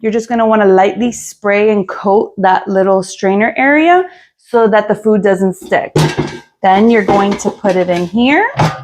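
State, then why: Not seated. Someone talks while handling an air fryer basket whose strainer insert has been lightly sprayed with oil so food doesn't stick, getting it ready to go into the air fryer housing. Brief clattering handling noises come through between the words. The basket has not yet clicked into place.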